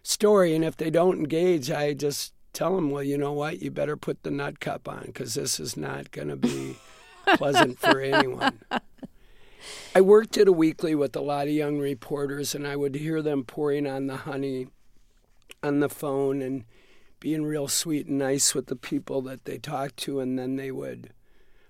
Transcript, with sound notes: And if they don't engage, I just tell them, well, you know what? You better put the nut-cup on, because this is not going to be pleasant for anybody.
(LAUGHTER)
I worked at a weekly with a lot of young reporters, and I would hear them pouring on the honey on the phone and being real sweet and nice with the people that they talked to. And then they would